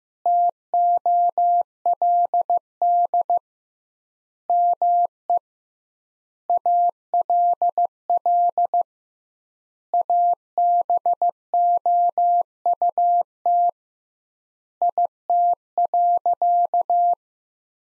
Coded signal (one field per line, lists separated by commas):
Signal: Morse code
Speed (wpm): 15 wpm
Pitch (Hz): 700 Hz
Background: none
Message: TOLD ME ALL ABOUT IT.